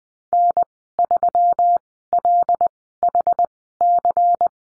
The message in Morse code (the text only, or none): N3LHC